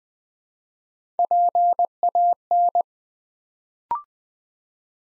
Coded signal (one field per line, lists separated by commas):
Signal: Morse code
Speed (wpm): 20 wpm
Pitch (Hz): 700 Hz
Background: none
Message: PAN